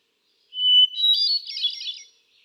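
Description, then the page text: Hermit thrush song: a steady whistled introductory note, then a bright jumble of high flutelike notes. Male singing, cycling through a repertoire of about ten different songs; recorded 13 June 2006 at Quabbin Park, Ware, Massachusetts. "Birdsong for the Curious Naturalist. Hermit thrush"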